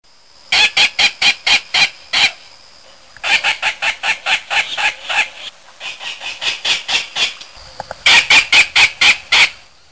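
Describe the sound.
Egret calls: harsh, rasping notes given in rapid bursts of several, with short pauses between the series.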